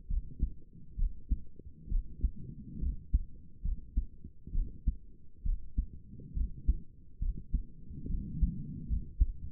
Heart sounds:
heart sounds by stethoscope; 68 bpm
0.09 s: heartbeat
0.98 s: heartbeat
1.90 s: heartbeat
2.81 s: heartbeat
3.63 s: heartbeat
4.53 s: heartbeat
5.44 s: heartbeat
6.35 s: heartbeat
7.20 s: heartbeat
8.08 s: heartbeat
8.88 s: heartbeat
From the record:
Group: healthy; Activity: rest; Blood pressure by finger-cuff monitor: 75/48 mmHg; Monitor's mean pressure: 58 mmHg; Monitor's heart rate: 68 bpm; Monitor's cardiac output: 5.7 L/min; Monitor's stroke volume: 82 mL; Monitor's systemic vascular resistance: 720 dyn s/cm5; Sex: female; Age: 22 years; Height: 163 cm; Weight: 67.1 kg

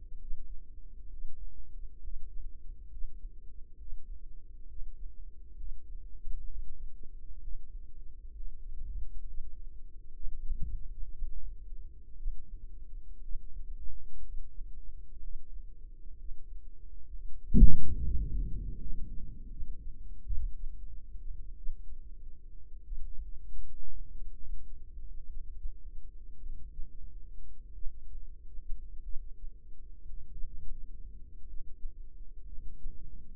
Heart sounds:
heart sounds by microphone in the right ear; 59 bpm
0.15 s: heartbeat
1.06 s: heartbeat
1.98 s: heartbeat
2.87 s: heartbeat
3.75 s: heartbeat
4.65 s: heartbeat
5.54 s: heartbeat
6.45 s: heartbeat
7.38 s: heartbeat
8.30 s: heartbeat
9.22 s: heartbeat
10.12 s: heartbeat
11.09 s: heartbeat
12.14 s: heartbeat
13.19 s: heartbeat
14.20 s: heartbeat
15.18 s: heartbeat
16.15 s: heartbeat
17.08 s: heartbeat
17.98 s: heartbeat
18.77 s: heartbeat
19.48 s: heartbeat
20.23 s: heartbeat
21.55 s: heartbeat
22.83 s: heartbeat
24.10 s: heartbeat
25.25 s: heartbeat
26.38 s: heartbeat
27.73 s: heartbeat
29.02 s: heartbeat
30.30 s: heartbeat
31.45 s: heartbeat
32.44 s: heartbeat
From the record:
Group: healthy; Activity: breath hold 0-20 s, rest 20-33 s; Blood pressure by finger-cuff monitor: 96/60 mmHg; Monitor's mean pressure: 71 mmHg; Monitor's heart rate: 59 bpm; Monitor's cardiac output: 4.4 L/min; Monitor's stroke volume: 73 mL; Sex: female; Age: 36 years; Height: 163 cm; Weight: 88 kg

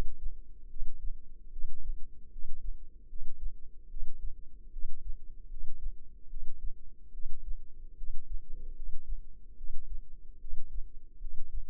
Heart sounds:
heart sounds by microphone in the left ear; 74 bpm
0.67 s: heartbeat
1.49 s: heartbeat
2.29 s: heartbeat
3.06 s: heartbeat
3.87 s: heartbeat
4.70 s: heartbeat
5.47 s: heartbeat
6.27 s: heartbeat
7.11 s: heartbeat
7.95 s: heartbeat
8.73 s: heartbeat
9.55 s: heartbeat
10.38 s: heartbeat
11.18 s: heartbeat
From the record:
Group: healthy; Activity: rest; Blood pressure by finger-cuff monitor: 113/78 mmHg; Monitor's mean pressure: 90 mmHg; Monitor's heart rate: 74 bpm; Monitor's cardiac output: 6.2 L/min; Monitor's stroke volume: 83 mL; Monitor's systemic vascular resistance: 1070 dyn s/cm5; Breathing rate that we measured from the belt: 20 breaths a minute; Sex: female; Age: 22 years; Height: 160 cm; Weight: 45 kg

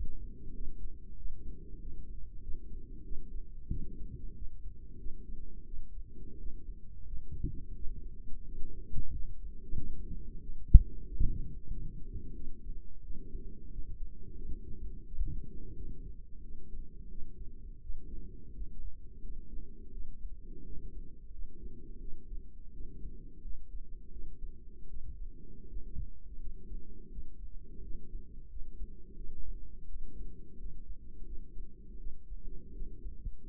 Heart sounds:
heart sounds by microphone in the right ear; 88 bpm
0.55 s: heartbeat
1.17 s: heartbeat
1.80 s: heartbeat
2.41 s: heartbeat
3.04 s: heartbeat
3.70 s: heartbeat
4.34 s: heartbeat
4.98 s: heartbeat
5.66 s: heartbeat
6.38 s: heartbeat
7.05 s: heartbeat
7.75 s: heartbeat
8.46 s: heartbeat
9.12 s: heartbeat
9.76 s: heartbeat
10.41 s: heartbeat
11.07 s: heartbeat
11.70 s: heartbeat
12.34 s: heartbeat
13.03 s: heartbeat
13.71 s: heartbeat
14.36 s: heartbeat
15.06 s: heartbeat
15.76 s: heartbeat
16.42 s: heartbeat
17.09 s: heartbeat
17.82 s: heartbeat
18.54 s: heartbeat
19.21 s: heartbeat
19.92 s: heartbeat
20.64 s: heartbeat
21.31 s: heartbeat
22.00 s: heartbeat
22.72 s: heartbeat
23.42 s: heartbeat
24.11 s: heartbeat
24.88 s: heartbeat
25.68 s: heartbeat
26.39 s: heartbeat
27.10 s: heartbeat
27.82 s: heartbeat
28.49 s: heartbeat
29.16 s: heartbeat
29.88 s: heartbeat
30.57 s: heartbeat
31.24 s: heartbeat
31.98 s: heartbeat
32.73 s: heartbeat
33.42 s: heartbeat
From the record:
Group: healthy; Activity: rest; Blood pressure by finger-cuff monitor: 161/81 mmHg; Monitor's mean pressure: 103 mmHg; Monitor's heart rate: 88 bpm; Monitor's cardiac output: 8.1 L/min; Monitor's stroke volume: 90 mL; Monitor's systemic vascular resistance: 930 dyn s/cm5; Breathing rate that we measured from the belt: 26 breaths a minute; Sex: female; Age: 22 years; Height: 154 cm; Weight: 58.7 kg

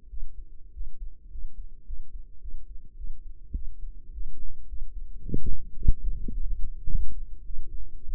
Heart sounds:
heart sounds by microphone in the right ear; 106 bpm
0.10 s: heartbeat
0.74 s: heartbeat
1.31 s: heartbeat
1.86 s: heartbeat
2.41 s: heartbeat
2.97 s: heartbeat
3.55 s: heartbeat
4.13 s: heartbeat
4.69 s: heartbeat
5.22 s: heartbeat
5.77 s: heartbeat
6.33 s: heartbeat
6.90 s: heartbeat
7.46 s: heartbeat
8.05 s: heartbeat
From the record:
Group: healthy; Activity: rest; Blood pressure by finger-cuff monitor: 109/70 mmHg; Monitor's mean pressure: 82 mmHg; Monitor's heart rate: 107 bpm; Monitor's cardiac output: 8.1 L/min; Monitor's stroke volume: 77 mL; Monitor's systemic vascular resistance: 730 dyn s/cm5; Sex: female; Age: 19 years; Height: 163 cm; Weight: 48.9 kg

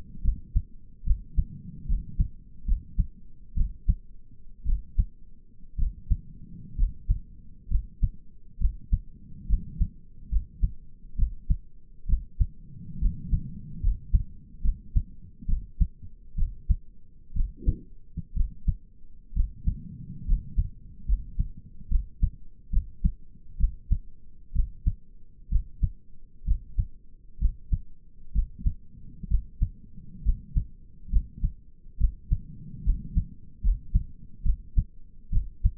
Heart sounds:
heart sounds by stethoscope; 67 bpm
0.24 s: heartbeat
1.06 s: heartbeat
1.88 s: heartbeat
2.67 s: heartbeat
3.56 s: heartbeat
4.66 s: heartbeat
5.78 s: heartbeat
6.77 s: heartbeat
7.70 s: heartbeat
8.60 s: heartbeat
9.48 s: heartbeat
10.31 s: heartbeat
11.18 s: heartbeat
12.08 s: heartbeat
13.01 s: heartbeat
13.82 s: heartbeat
14.63 s: heartbeat
15.48 s: heartbeat
16.37 s: heartbeat
17.36 s: heartbeat
18.36 s: heartbeat
19.35 s: heartbeat
20.26 s: heartbeat
21.07 s: heartbeat
21.90 s: heartbeat
22.72 s: heartbeat
23.59 s: heartbeat
24.55 s: heartbeat
25.51 s: heartbeat
26.46 s: heartbeat
27.40 s: heartbeat
28.34 s: heartbeat
29.29 s: heartbeat
30.24 s: heartbeat
31.11 s: heartbeat
31.99 s: heartbeat
32.85 s: heartbeat
33.63 s: heartbeat
34.45 s: heartbeat
35.32 s: heartbeat
From the record:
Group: healthy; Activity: rest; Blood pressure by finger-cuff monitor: 107/70 mmHg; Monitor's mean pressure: 82 mmHg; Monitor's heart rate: 68 bpm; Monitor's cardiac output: 5.8 L/min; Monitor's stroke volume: 84 mL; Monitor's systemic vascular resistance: 1030 dyn s/cm5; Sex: male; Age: 22 years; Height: 181 cm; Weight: 79 kg

